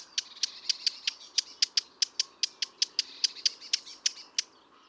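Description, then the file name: Eurasian blackcap calls: hard clicking tack notes repeated steadily, about five each second, with little else audible. "Sylvia atricapilla"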